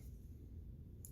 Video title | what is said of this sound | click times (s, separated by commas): How to Replace Brake Pads and Rotors on 2012 - 2014 Toyota Camry | from the side snaps | 1.1 s